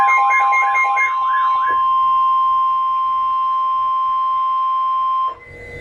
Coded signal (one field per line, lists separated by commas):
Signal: Emergency Alert System (SAME) tones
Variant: 1050 Hz attention tone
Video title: Severe Thunderstorm Warning - EAS #592